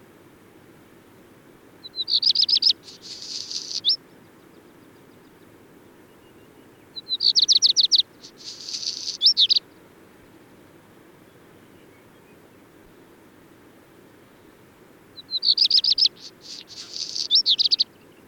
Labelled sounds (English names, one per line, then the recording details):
Black Redstart song
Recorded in the wild
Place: Sinaia, Plateau, Transilvania, RO
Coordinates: 45.331, 25.562
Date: 1976-05-26
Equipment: Nagra III BH, Sennheiser MD 21, parabola
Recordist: Schubert, Michael